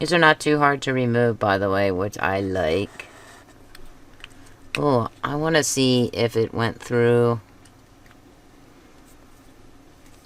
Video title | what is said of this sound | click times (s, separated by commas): Swatch with Me! Winsor & Newton Promarkers | that didn't snap | none